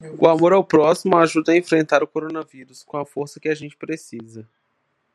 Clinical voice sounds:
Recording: spoken sentence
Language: Brazilian Portuguese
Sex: male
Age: 20 to 29 years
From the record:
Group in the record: control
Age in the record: 29 years

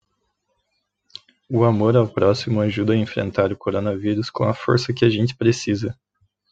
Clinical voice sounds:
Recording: spoken sentence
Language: Brazilian Portuguese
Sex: male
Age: 20 to 29 years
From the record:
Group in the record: control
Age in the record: 22 years

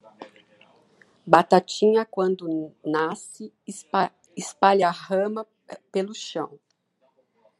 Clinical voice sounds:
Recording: short text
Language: Brazilian Portuguese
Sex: female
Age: 50 to 59 years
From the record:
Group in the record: control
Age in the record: 59 years

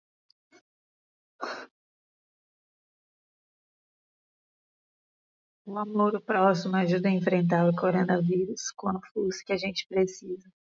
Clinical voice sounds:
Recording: spoken sentence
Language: Brazilian Portuguese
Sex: female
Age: 30 to 39 years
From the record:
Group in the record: control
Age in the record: 32 years

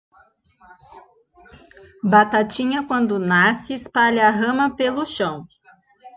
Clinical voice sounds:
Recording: short text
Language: Brazilian Portuguese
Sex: female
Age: 40 to 49 years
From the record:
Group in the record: control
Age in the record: 40 years

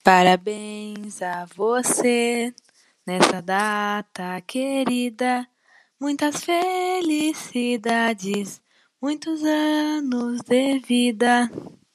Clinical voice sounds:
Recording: short text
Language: Brazilian Portuguese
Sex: female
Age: 20 to 29 years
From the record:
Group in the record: control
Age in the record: 23 years

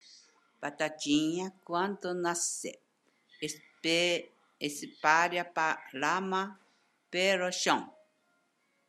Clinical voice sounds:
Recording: short text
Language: Brazilian Portuguese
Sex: female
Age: 70 to 79 years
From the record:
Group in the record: control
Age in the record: 77 years

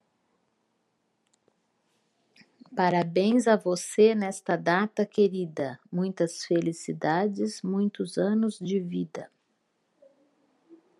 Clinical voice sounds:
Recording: short text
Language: Brazilian Portuguese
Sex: female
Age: 50 to 59 years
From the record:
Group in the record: control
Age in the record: 57 years

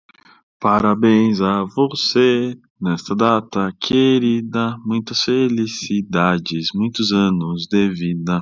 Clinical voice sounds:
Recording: short text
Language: Brazilian Portuguese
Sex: male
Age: 30 to 39 years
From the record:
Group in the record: control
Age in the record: 33 years

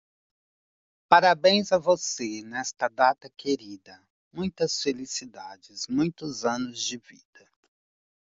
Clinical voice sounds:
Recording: short text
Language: Brazilian Portuguese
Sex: male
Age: 40 to 49 years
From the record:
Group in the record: control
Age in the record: 44 years

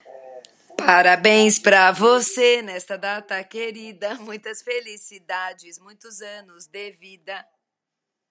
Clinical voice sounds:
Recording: short text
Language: Brazilian Portuguese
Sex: female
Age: 50 to 59 years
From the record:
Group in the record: control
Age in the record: 54 years

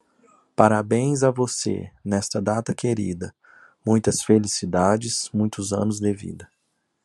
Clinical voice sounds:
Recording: short text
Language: Brazilian Portuguese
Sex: male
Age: 30 to 39 years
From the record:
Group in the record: control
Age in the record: 37 years

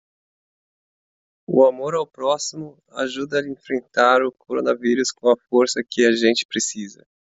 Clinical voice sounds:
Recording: spoken sentence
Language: Brazilian Portuguese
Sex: male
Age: 20 to 29 years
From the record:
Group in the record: control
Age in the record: 29 years

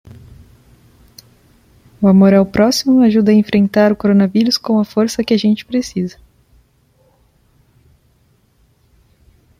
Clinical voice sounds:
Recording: spoken sentence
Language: Brazilian Portuguese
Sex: female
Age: 20 to 29 years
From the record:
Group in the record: control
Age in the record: 26 years

